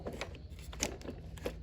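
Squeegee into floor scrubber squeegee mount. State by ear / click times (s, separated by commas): not seated / none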